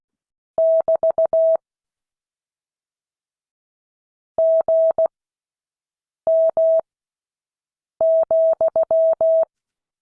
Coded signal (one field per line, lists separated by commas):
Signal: Morse code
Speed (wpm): 16 wpm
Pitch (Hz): 650 Hz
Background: none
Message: <BT> GM,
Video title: Morse code class 2022 11 18